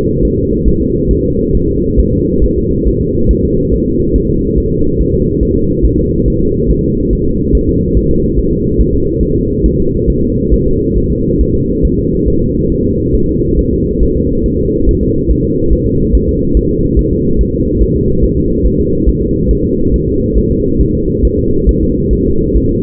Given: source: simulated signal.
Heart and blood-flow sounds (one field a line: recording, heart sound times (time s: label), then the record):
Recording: fetal heart sounds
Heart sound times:
0.25 s: S1
0.39 s: S2
0.68 s: S1
0.82 s: S2
1.11 s: S1
1.25 s: S2
1.55 s: S1
1.69 s: S2
2.00 s: S1
2.13 s: S2
2.44 s: S1
2.58 s: S2
2.88 s: S1
3.02 s: S2
3.31 s: S1
3.45 s: S2
3.74 s: S1
3.88 s: S2
4.16 s: S1
4.30 s: S2
4.58 s: S1
4.72 s: S2
5.01 s: S1
5.15 s: S2
5.43 s: S1
5.57 s: S2
5.85 s: S1
5.99 s: S2
6.28 s: S1
6.42 s: S2
6.71 s: S1
6.85 s: S2
7.13 s: S1
7.27 s: S2
7.55 s: S1
7.69 s: S2
7.97 s: S1
8.11 s: S2
8.39 s: S1
8.52 s: S2
8.80 s: S1
8.94 s: S2
9.23 s: S1
9.37 s: S2
9.66 s: S1
9.80 s: S2
10.10 s: S1
10.24 s: S2
10.54 s: S1
10.68 s: S2
10.98 s: S1
11.12 s: S2
11.41 s: S1
11.55 s: S2
11.85 s: S1
11.99 s: S2
12.28 s: S1
12.42 s: S2
12.72 s: S1
12.86 s: S2
13.15 s: S1
13.29 s: S2
13.59 s: S1
13.73 s: S2
14.03 s: S1
14.16 s: S2
14.46 s: S1
14.60 s: S2
14.89 s: S1
15.03 s: S2
15.31 s: S1
15.45 s: S2
15.73 s: S1
15.87 s: S2
16.15 s: S1
16.29 s: S2
16.57 s: S1
16.71 s: S2
16.99 s: S1
17.13 s: S2
17.41 s: S1
17.55 s: S2
17.83 s: S1
17.96 s: S2
18.24 s: S1
18.38 s: S2
18.66 s: S1
18.80 s: S2
19.09 s: S1
19.23 s: S2
19.51 s: S1
19.65 s: S2
19.94 s: S1
20.08 s: S2
20.38 s: S1
20.52 s: S2
20.81 s: S1
20.95 s: S2
21.25 s: S1
21.39 s: S2
21.69 s: S1
21.83 s: S2
22.13 s: S1
22.27 s: S2
22.57 s: S1
22.71 s: S2
From the record:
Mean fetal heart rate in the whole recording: 140 bpm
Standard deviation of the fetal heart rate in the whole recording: 2 bpm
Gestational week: 34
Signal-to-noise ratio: -15.3 dB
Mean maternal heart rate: 72 bpm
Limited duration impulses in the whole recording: present